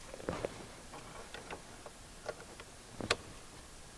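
Plastic wiring harness connectors are pressed down into the sockets of a DiabloSport Pulsar engine control tuner module for a JL Wrangler 3.6L, with faint ticks and handling taps at about 0.3, 0.5, 1.4 and 2.3 seconds. A sharp, short click at 3.1 seconds marks a connector locking into place, seating the harness in the module.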